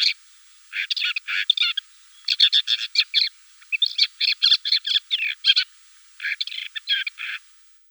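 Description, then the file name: Woodchat shrike calling: dry, scratchy chattering notes in rapid bursts, grouped into several runs with short pauses between them, with no other clear sounds. "Sorokoput krasnogolovyj"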